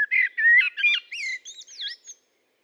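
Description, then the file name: Common blackbird delivering a continuous warbled phrase, the mellow low notes climbing into thin, twisting high squeaks before stopping. "Turdus merula"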